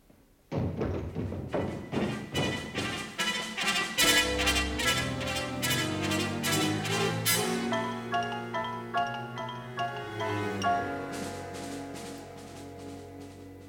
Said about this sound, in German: Da rannten sie die Treppe hinunter.